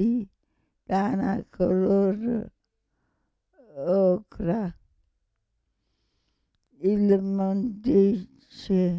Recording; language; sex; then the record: read phrases; Italian; female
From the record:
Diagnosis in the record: Parkinson's disease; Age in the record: 65 years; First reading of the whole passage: 242 s, 2.1 characters per second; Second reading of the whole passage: 180 s, 2.9 characters per second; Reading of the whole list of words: 168 s, 1.7 characters per second